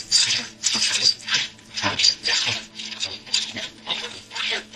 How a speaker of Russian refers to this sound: Ручная пила продолжала звучать.